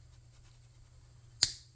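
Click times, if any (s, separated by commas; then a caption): 1.4 s. After trying several socket sizes, a socket that fits is pushed onto the oil pressure switch fitting of a generator. A low steady hum runs throughout, then a single sharp, bright click sounds at 1.4 s as the socket seats onto the fitting.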